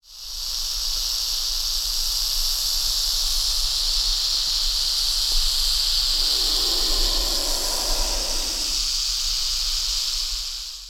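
Diamondback rattlesnake rattling: a steady, hissing buzz held for the whole stretch without a break, with a lower rumble lasting a few seconds in the second half.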